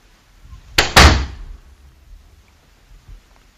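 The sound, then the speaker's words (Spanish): A house door shuts with two quick, solid thuds in close succession, a sharp latch click followed by a heavier bang that fades into a faint background hum. “hoy escucharemos la puerta, cierras la puerta y vuelves a entrar.”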